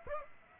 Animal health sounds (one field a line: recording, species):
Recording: mosquito wingbeat signal from an infrared sensor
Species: Aedes aegypti